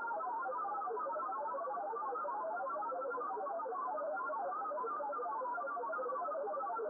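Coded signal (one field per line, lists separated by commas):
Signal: multi-tone FSK (Olivia or MFSK type)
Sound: continuous burbling stream of quick random-pitched tones, like a wandering electronic melody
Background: radio static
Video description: Short QSO with Rob, G7LAS on Olivia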